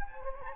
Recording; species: mosquito wingbeat signal from an infrared sensor; Anopheles gambiae